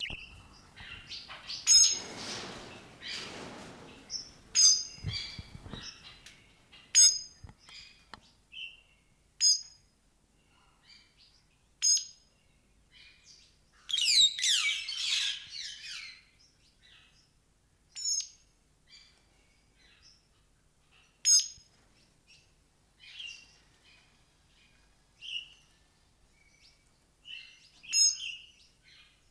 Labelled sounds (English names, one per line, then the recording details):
White-headed Buffalo-Weaver
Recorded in captivity
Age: adult
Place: Zoo Berlin, Berlin, DE
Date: 1992-04-04 10:15
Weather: bedeckt, 5-8°C
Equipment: Nagra SN, Mikrofon AKG CK 8, Kopie Tesla B 116
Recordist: Tembrock, Günter